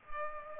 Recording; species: mosquito wingbeat signal from an infrared sensor; Culex pipiens